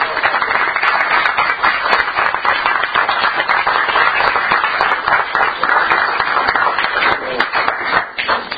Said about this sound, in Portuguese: Bueno, pues un aplauso para Carlos.